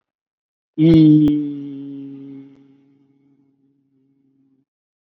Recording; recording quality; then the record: sustained vowel as in beet; excellent, no background noise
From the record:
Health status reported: COVID-19 positive, mild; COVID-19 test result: positive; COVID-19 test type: RT-PCR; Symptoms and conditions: hypertension, diabetes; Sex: male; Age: 70 years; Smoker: no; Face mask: worn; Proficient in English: no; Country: India